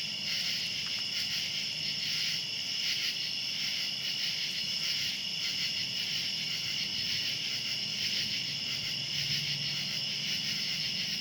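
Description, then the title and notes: Cicadas giving a constant shrill buzzing chorus, evenly sustained with slight rhythmic swells, and a soft low background hum. Recorded outdoors at night. "Ext. Cicadas, Night by Bandeto"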